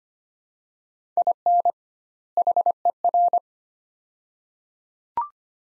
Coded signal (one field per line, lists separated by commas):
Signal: Morse code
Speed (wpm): 25 wpm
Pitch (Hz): 700 Hz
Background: none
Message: IN HER